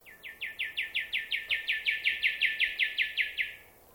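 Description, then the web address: Unidentified bird call: a rapid series of many bright, even notes delivered steadily at a quick pace before stopping, with a quiet background. Unidentified bird calling in a swamp. "Sound Effects-Foundation 1 BIRD UNKNOWN SWAMP CALL"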